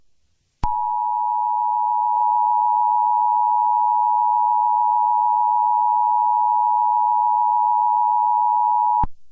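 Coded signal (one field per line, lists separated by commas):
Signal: Emergency Alert System (SAME) tones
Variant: 853 and 960 Hz attention tone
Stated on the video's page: Fictional EAS scenario made in CapCut and Kinemaster.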